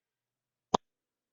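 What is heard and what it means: A cap is pushed onto an alcohol marker body and clicks shut at 0.8 s, a single short, sharp snap in otherwise near silence. The click confirms the lid is seated tight so the marker won't dry out.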